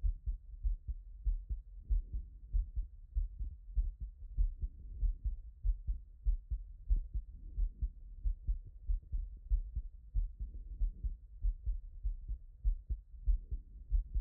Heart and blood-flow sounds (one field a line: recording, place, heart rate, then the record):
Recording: heart sounds by stethoscope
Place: Erb's point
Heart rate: 95 bpm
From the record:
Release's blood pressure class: elevated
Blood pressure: 127/75 mmHg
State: after exercise